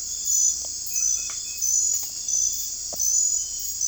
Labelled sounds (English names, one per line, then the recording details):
none
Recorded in secondary vegetation near Puerto Asís, Putumayo, Colombia, on 16 December 2024 at 22:00
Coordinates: 0.481, -76.318
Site G042